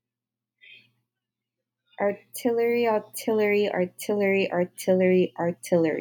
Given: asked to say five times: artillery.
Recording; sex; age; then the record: repeated word; female; 20 to 29 years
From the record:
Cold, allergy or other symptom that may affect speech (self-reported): no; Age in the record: 22 years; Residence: Washington, United States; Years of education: 16